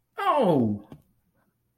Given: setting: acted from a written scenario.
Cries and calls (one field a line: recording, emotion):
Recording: vocal sound without words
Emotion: positive surprise